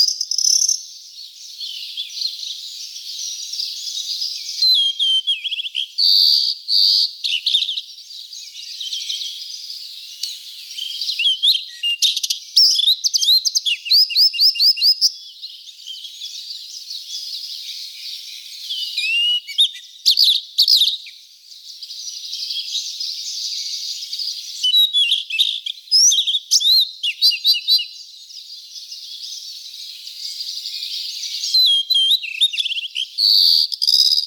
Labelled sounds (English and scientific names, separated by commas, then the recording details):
Blue-and-white Flycatcher (Cyanoptila cyanomelana) song
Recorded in the wild
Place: Ussuriskij-Reservat, RU
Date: 1994-06-07
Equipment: Dat-Recorder Casio DA 7, Telinga DAT, Telinga-Parabolspiegel
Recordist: Schwarz, Dieter